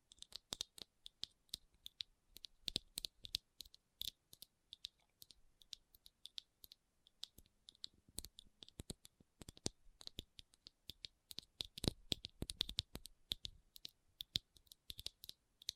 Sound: RHINESTONE Tapping & Scratching Sounds